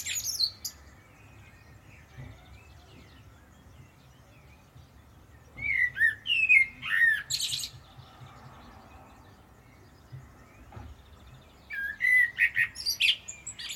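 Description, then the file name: Common blackbird song: two phrases of low fluted warbling, each ending in a high squeaky twitter, separated by a long pause, with the high end of another phrase at the start. "Turdus merula"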